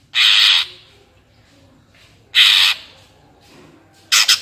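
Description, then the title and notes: Greater green leafbird producing drawn-out, harsh, scratchy squawks about two seconds apart, closing with a quick stutter of rasping notes. Captive-bird training (master) recording; energetic 'gacor' song in the 'ngentrok' style with crest raised ('jambul nembak'). "Cucak Ijo Gacor Ngentrok Jambul Nembak. suara burung cucak ijo gacor, merdu cocok buat masteran burung cucak ijo"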